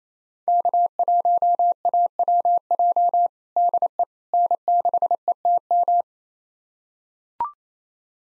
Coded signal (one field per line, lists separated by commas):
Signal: Morse code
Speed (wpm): 28 wpm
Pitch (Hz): 700 Hz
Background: none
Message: K1AWJ DE N6ETM